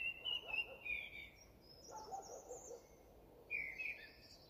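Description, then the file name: Common blackbird song: soft warbled phrases mixed with high, squeaky twitters. "Turdus merula"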